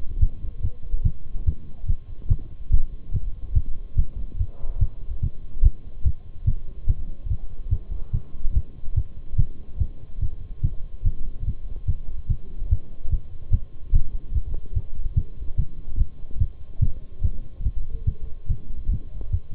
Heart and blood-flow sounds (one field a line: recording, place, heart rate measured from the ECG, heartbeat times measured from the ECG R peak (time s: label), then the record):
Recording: heart sounds by stethoscope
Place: between the tricuspid and mitral areas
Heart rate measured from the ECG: 144 bpm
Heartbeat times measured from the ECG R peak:
0.22 s: heartbeat
0.63 s: heartbeat
1.05 s: heartbeat
1.47 s: heartbeat
1.89 s: heartbeat
2.30 s: heartbeat
2.72 s: heartbeat
3.14 s: heartbeat
3.55 s: heartbeat
3.97 s: heartbeat
4.40 s: heartbeat
4.81 s: heartbeat
5.23 s: heartbeat
5.64 s: heartbeat
6.05 s: heartbeat
6.47 s: heartbeat
6.88 s: heartbeat
7.30 s: heartbeat
7.72 s: heartbeat
8.13 s: heartbeat
8.55 s: heartbeat
8.97 s: heartbeat
9.38 s: heartbeat
9.80 s: heartbeat
10.22 s: heartbeat
10.63 s: heartbeat
11.06 s: heartbeat
11.47 s: heartbeat
11.88 s: heartbeat
12.30 s: heartbeat
12.71 s: heartbeat
13.12 s: heartbeat
13.53 s: heartbeat
13.94 s: heartbeat
14.35 s: heartbeat
14.76 s: heartbeat
15.17 s: heartbeat
15.58 s: heartbeat
15.99 s: heartbeat
16.40 s: heartbeat
16.82 s: heartbeat
17.23 s: heartbeat
17.65 s: heartbeat
18.07 s: heartbeat
18.50 s: heartbeat
18.92 s: heartbeat
19.33 s: heartbeat
From the record:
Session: Bruce protocol treadmill stress test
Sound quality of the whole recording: partially saturated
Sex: male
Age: 23 years